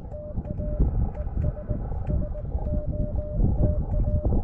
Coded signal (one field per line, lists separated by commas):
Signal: Morse code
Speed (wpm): 20 wpm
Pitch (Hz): 600 Hz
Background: none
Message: TA ES SOTA